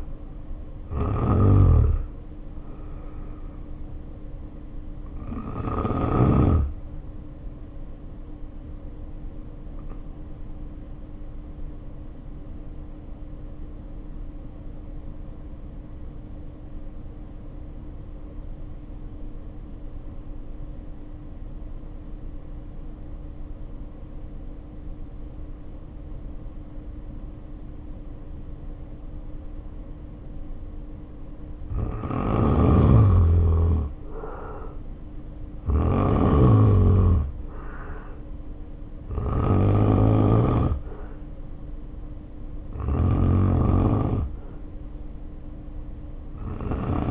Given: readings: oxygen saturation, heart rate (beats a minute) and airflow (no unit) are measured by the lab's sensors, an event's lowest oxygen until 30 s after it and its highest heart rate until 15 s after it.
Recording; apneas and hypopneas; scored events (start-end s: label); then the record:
breathing in sleep by a smartphone at the bedside; 1
9.00-35.20 s: hypopnea (N1, oxygen 94% highest, then 78% lowest, heart rate 53 at the start, 65 highest)
29.00-47.11 s: new sleep stage, N2 (light sleep)
From the record:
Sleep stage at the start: N1 (lightest sleep); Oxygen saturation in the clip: 77 to 94%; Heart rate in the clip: 50 to 66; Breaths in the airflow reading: 13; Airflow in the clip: -2.1 to 2.6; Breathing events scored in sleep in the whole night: 520 in 7.2 hours asleep